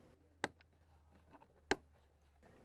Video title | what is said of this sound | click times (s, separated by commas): 2019 Honda Civic Hatchback Sport Rear 3.5" Mid-Range Speaker Installation | then this piece can be snapped into place | 0.4 s, 1.7 s